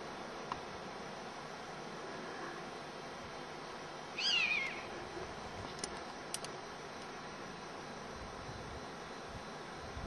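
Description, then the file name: European honey buzzard call, a single short descending whistled note with a slight warble, heard once midway against a steady background hiss. Anger calls; Hexhamshire, 10 July 2006. "hb hexhamshire 10 july 2006 anger calls"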